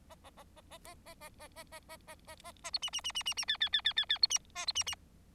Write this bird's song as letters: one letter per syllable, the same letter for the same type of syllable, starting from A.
A A A A A A A A A A A A A A A A B C C C C C C D D D D D D B C A B C C